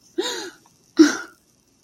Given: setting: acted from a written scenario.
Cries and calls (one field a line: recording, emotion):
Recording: vocal sound without words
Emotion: elation